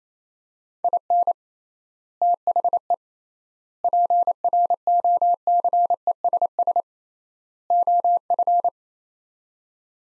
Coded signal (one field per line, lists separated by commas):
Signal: Morse code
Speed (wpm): 27 wpm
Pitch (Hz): 700 Hz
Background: none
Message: IN THE PROCESS OF